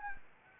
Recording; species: mosquito wingbeat signal from an infrared sensor; Anopheles gambiae